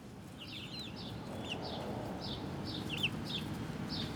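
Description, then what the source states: Chicken chicks giving rapid high peeps, brief falling notes in quick succession over steady low hum. Hens and chicks in a henhouse in the Atelier 34zero museum garden, Jette, Brussels, Belgium; recorded with DPA 4060 microphones in AB position to a Zoom F3.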